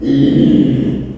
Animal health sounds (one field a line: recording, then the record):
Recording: squeal of a Yucatan mini pig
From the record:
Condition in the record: after surgery on the right vocal fold (resection and tissue-engineered implant)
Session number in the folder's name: 2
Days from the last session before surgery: 13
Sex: male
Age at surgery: 12 weeks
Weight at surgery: 13 kg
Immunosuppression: cyclosporine, prednisolone